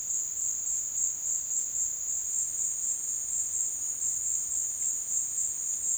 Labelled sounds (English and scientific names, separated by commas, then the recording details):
none
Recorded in secondary vegetation near Puerto Asís, Putumayo, Colombia, on 22 June 2025 at 15:30
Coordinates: 0.485, -76.322
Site GP06